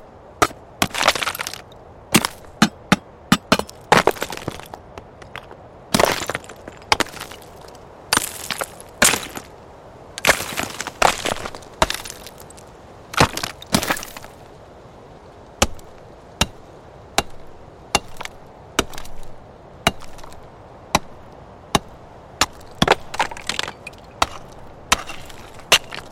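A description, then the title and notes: Stones strike hard surfaces in a rapid series of sharp, bright impacts, some in quick clusters and others spaced a second or two apart. The first half is busier, with grinding, rattling bursts, while later hits are cleaner single cracks over a quiet, faint hiss. Created by the sound designers at Bluezone Corporation, this sound pack contains recordings of stones being thrown at boulders, being smashed on the ground, and hit with steel bars. Small and large stone impacts.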